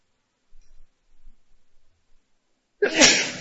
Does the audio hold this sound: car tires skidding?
no